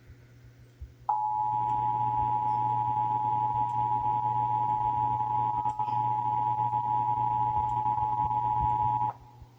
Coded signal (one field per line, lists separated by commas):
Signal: Emergency Alert System (SAME) tones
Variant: 853 and 960 Hz attention tone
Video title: (EAS #794-800) February 2025 Texas Required Monthly Test